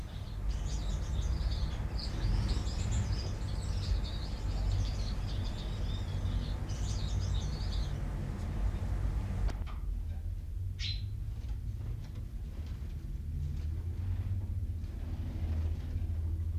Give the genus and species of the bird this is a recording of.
Fringilla coelebs